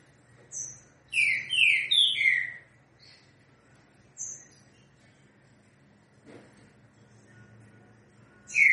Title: Canto De Trinca Ferro. TRINCA=FERRO 3 NOTAS COM BOI